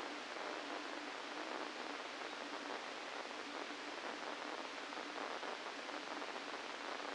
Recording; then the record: brain microelectrode recording played as sound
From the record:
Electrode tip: inside the subthalamic nucleus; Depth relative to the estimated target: 0 mm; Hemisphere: left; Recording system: NeuroSet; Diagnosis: Parkinson's disease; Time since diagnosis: 17 years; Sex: male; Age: 64 years